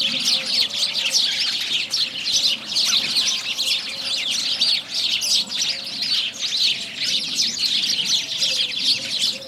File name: House sparrow sounds